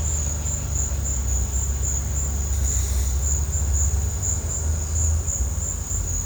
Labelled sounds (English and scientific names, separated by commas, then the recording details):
none
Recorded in pastures near Puerto Asís, Putumayo, Colombia, on 18 December 2024 at 14:00
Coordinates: 0.466, -76.322
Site G040